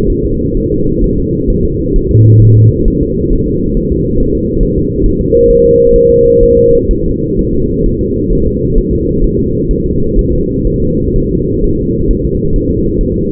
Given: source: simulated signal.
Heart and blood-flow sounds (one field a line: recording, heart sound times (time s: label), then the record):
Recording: fetal heart sounds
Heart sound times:
0.10 s: S1
0.25 s: S2
0.57 s: S1
0.72 s: S2
1.04 s: S1
1.19 s: S2
1.50 s: S1
1.65 s: S2
1.96 s: S1
2.11 s: S2
2.42 s: S1
2.57 s: S2
2.88 s: S1
3.03 s: S2
3.33 s: S1
3.48 s: S2
3.77 s: S1
3.92 s: S2
4.20 s: S1
4.35 s: S2
4.63 s: S1
4.78 s: S2
5.06 s: S1
5.21 s: S2
5.50 s: S1
5.65 s: S2
5.96 s: S1
6.11 s: S2
6.43 s: S1
6.58 s: S2
6.91 s: S1
7.06 s: S2
7.39 s: S1
7.54 s: S2
7.86 s: S1
8.01 s: S2
8.33 s: S1
8.47 s: S2
8.78 s: S1
8.93 s: S2
9.24 s: S1
9.39 s: S2
9.71 s: S1
9.86 s: S2
10.19 s: S1
10.33 s: S2
10.67 s: S1
10.82 s: S2
11.16 s: S1
11.31 s: S2
11.64 s: S1
11.79 s: S2
12.11 s: S1
12.25 s: S2
12.56 s: S1
12.71 s: S2
13.01 s: S1
13.16 s: S2
From the record:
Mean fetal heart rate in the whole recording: 130 bpm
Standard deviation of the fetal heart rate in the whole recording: 4 bpm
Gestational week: 38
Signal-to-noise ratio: -15.3 dB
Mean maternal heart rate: 72 bpm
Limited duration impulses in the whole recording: present